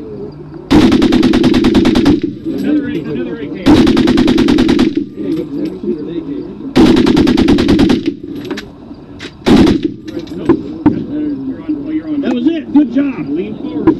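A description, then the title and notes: A water-cooled .30 machine gun fires in long bursts of rapid, evenly spaced shots, each lasting about one to one and a half seconds, at roughly 1, 4 and 7 seconds, followed by short single shots near 9.5 and 11 seconds. Voices murmur between the bursts. Firing a water cooled .30 machine gun.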